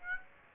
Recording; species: mosquito wingbeat signal from an infrared sensor; Aedes aegypti